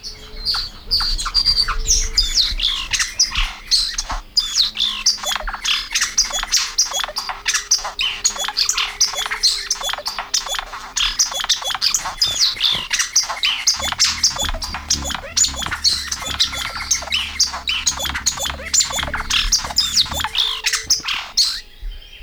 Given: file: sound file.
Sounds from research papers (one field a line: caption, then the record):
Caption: Song of El Cielo lek.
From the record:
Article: Acoustic Divergence with Gene Flow in a Lekking Hummingbird with Complex Songs